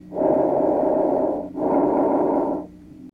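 Normal bronchovesicular breath sounds heard through a stethoscope on an adult chest: two soft, steady whooshing breaths of similar length, inspiration and expiration, with only a brief pause between them.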